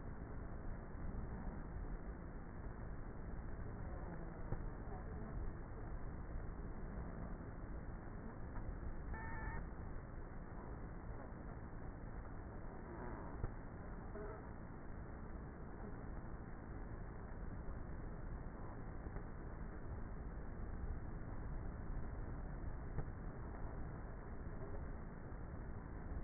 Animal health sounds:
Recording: honeybee colony, microphone inside the hive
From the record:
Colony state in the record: queenless with a low population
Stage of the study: before two queens were removed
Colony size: about 30,000 bees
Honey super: no

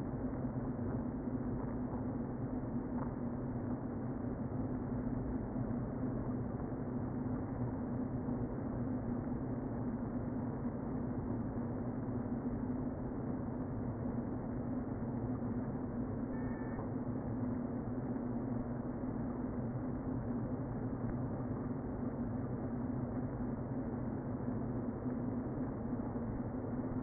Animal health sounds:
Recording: honeybee colony, microphone inside the hive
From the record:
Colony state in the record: queen present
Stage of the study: before two queens were removed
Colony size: about 60,000 bees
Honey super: yes

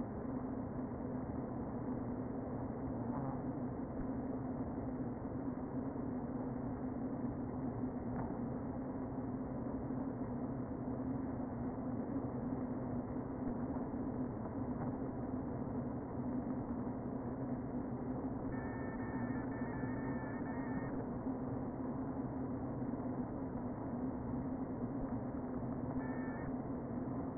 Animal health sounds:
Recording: honeybee colony, microphone inside the hive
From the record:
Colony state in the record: queen present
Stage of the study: before two queens were removed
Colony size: about 60,000 bees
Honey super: yes

